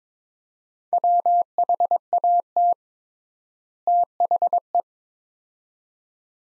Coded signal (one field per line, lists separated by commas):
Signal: Morse code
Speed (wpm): 21 wpm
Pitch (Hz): 700 Hz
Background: none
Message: WHAT THE